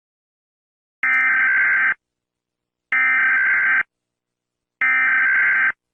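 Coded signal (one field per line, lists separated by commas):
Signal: Emergency Alert System (SAME) tones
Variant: header bursts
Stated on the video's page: Simulated fictional EAS scenario.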